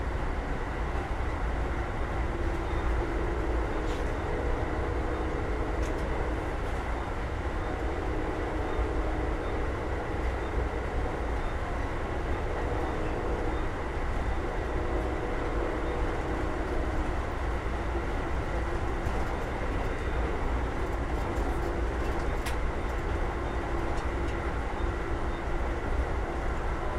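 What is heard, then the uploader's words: A steady, dense rumble of a moving train fills the whole stretch, deep and unchanging in loudness, with a constant hum in the low and middle range. Faint brief clicks and squeaks from the rails or carriage come and go throughout. Train Ride From Tampa To Ft.Lauderdale.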